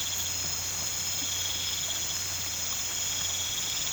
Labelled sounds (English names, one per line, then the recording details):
none
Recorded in pastures near Puerto Asís, Putumayo, Colombia, on 22 December 2024 at 19:30
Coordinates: 0.472, -76.329
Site G072